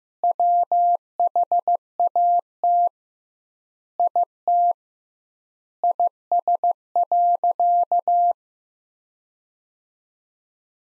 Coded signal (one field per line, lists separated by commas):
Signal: Morse code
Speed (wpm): 15 wpm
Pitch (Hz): 700 Hz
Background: none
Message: WHAT IT IS.